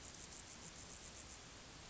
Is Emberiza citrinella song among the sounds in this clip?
no